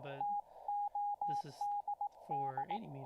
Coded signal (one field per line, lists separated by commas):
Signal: Morse code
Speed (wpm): 18 wpm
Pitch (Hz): 820 Hz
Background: speech, radio noise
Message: TODD